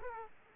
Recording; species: mosquito wingbeat signal from an infrared sensor; Aedes aegypti